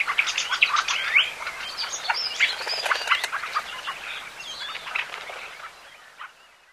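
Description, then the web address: Fieldfare song of rapid scratchy chatter and squeaky notes, loud at first, then thinning and fading away toward the end. "bbc Bird Song Site Fieldfare - Litorne, Tourdelle"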